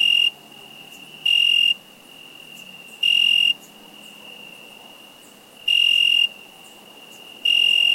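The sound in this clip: Cricket chirps, five high buzzy bursts arriving at uneven intervals of one to two and a half seconds, with a soft ringing tone in between.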